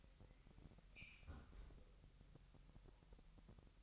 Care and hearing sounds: daily activity, microphone in the room; close fridge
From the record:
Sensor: 3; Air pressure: 1002.0 hPa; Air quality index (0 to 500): 247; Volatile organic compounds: 51 ppm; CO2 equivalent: 3314 ppm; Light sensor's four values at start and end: 12/36/16/13 and 12/36/15/13

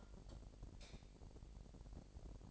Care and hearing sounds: daily activity, microphone in the room; light off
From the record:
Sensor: 5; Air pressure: 1012.1 hPa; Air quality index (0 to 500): 247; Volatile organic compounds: 4 ppm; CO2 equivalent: 1673 ppm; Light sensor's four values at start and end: 40/94/39/42 and 39/90/37/40

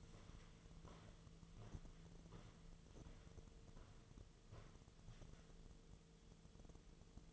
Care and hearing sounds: daily activity, microphone in the room; walk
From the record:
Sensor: 4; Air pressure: 1006.2 hPa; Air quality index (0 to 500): 86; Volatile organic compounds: 2 ppm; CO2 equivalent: 1067 ppm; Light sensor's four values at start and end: 12/27/11/10 and 12/27/11/10

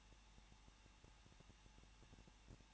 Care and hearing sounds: daily activity, microphone in the room; no activity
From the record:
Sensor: 1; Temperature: 20.1 degrees Celsius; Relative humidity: 39.1%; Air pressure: 1006.3 hPa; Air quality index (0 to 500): 217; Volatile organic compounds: 76 ppm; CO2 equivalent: 3574 ppm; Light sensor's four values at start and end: 1/2/1/1 and 1/2/1/1

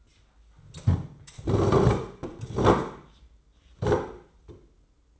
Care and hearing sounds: daily activity, microphone in the room; sit down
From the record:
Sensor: 3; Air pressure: 996.0 hPa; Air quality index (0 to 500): 246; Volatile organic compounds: 1000 ppm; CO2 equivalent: 6278 ppm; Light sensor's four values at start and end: 37/89/39/42 and 40/98/42/46

